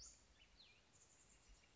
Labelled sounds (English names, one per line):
Western Flycatcher